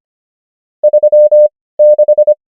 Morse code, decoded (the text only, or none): 36